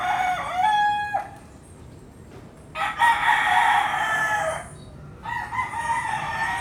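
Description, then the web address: Chicken: roosters crowing in succession, a short falling crow, then a loud sustained one lasting nearly two seconds, followed by another starting near the end. Several roosters crowing at dawn in Puerto Rico. "puerto rico coqs aube PRico"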